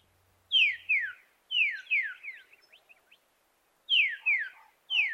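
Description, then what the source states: White-plumed Honeyeater song: short phrases of bright, buzzy notes sliding steeply downward, two or three per phrase, repeated after brief pauses in otherwise quiet surroundings. Regional song dialect; recorded in far western New South Wales, Australia.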